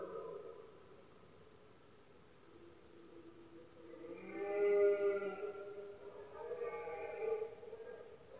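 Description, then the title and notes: Red deer giving two moaning bellows after the tail of an earlier one, the first longer and louder than the second. Powerful bellows of male red deer in the rutting season (berrea or brama), recorded at night in Spain; rut best heard at night when surroundings are quietest. "Paisaje sonoro: Berrea. La época de celo del ciervo se conoce comúnmente como “berrea del ciervo” o “brama del ciervo”. los poderosos bramidos de los ciervos machos"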